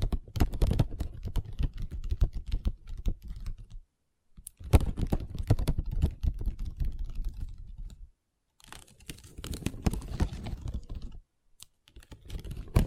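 Long nails tap and scratch on a tabletop in dense, quick clusters of sharp clicks with a rustling scrape underneath. Bursts run for several seconds, broken by short silences near 4, 8 and 11 seconds, with a few isolated taps between them.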